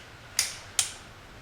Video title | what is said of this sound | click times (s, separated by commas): BMW E46 spark plug change DIY | the big click right there that | 0.4 s, 0.8 s